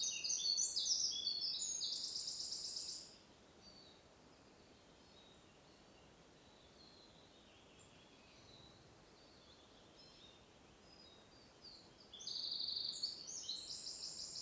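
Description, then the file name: Eurasian wren songs, two rapid high trilled phrases, one at the start and one near the end, separated by about nine seconds of quiet hiss. "Troglodytes troglodytes"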